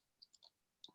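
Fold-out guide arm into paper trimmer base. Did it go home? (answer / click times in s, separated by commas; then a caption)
yes / 0.8 s. The fold-out measuring guide arm is pulled out of a 12-inch paper trimmer and snaps into place on the trimmer base, forming a square 90-degree stop for card stock. Three light ticks at 0.2, 0.3 and 0.5 seconds lead up to a sharper, louder snap at 0.8 seconds as the arm seats.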